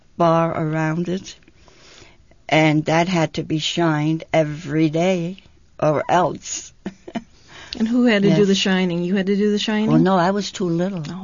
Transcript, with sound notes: bar around it and that had to be shined every day or else. ( she laughs )
And who had to do the shining? You had to do the shining?
Oh, no. I was too little.